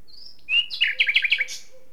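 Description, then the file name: Common nightingale song: a high thin whistle, then a quick run of repeated bright chirping notes ending on a higher note. "Luscinia megarhynchos"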